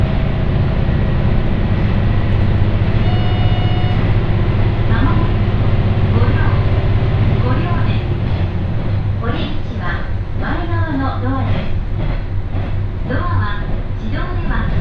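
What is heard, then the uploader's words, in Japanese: A ride on the Ibara Railway: a steady low rumble of the train runs throughout. A short tonal chime sounds around the third second, and from about five seconds on a voice speaks continuously over the engine drone. 井原鉄道 道上→神辺→備中呉妹。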